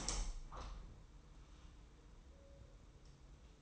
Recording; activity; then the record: daily activity, microphone in the room; open window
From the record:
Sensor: 1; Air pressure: 990.3 hPa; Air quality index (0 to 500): 159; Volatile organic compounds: 1000 ppm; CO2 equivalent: 5783 ppm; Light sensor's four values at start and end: 20/44/19/21 and 20/46/20/21